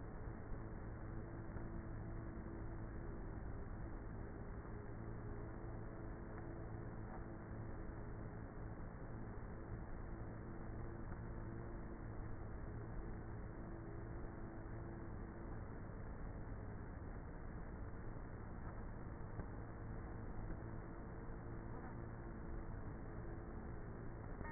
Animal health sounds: honeybee colony, microphone inside the hive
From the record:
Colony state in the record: queenless with a low population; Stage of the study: before two queens were removed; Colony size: about 30,000 bees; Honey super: no

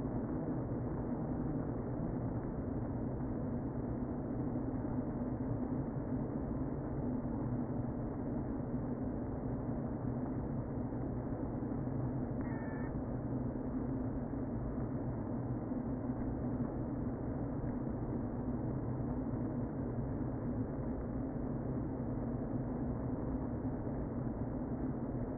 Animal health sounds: honeybee colony, microphone inside the hive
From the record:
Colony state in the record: queen present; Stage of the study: before two queens were removed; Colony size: about 60,000 bees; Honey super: yes

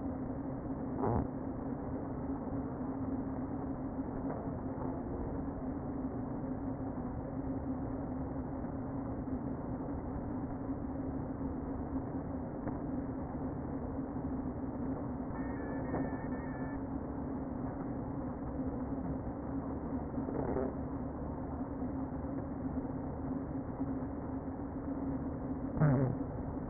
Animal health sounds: honeybee colony, microphone inside the hive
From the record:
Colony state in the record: queen present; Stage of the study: before two queens were removed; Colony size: about 60,000 bees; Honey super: yes

